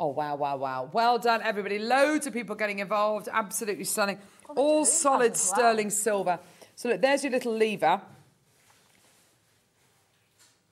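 A small lever on a solid sterling silver snap setting is handled before a gemstone is pressed into it. Someone talks for about eight seconds, then it goes nearly quiet with one faint tap near 10.5 s. The stone has not seated or clicked into place yet.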